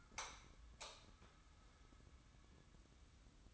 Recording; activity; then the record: daily activity, microphone in the room; light off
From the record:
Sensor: 3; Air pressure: 994.4 hPa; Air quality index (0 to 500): 213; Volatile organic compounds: 1000 ppm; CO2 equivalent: 7110 ppm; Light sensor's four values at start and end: 209/507/214/213 and 206/498/210/210